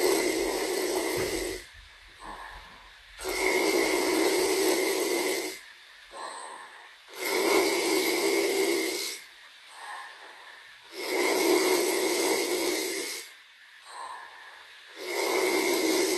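Snoring in a steady rhythm, one rasping inhale roughly every four seconds, each lasting about two seconds with a buzzy, hissing rattle. Between the snores come quiet pauses holding only soft breathing and faint hiss.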